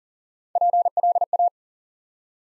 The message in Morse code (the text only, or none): PLA